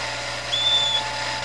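Bird call: a single thin, steady whistled note held for about half a second over low background hiss.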